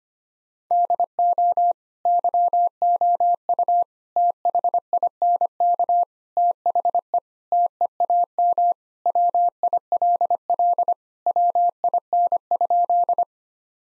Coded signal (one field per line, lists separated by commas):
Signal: Morse code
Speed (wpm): 25 wpm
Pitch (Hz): 700 Hz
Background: none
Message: DO YOU THINK THE TEAM WILL WIN?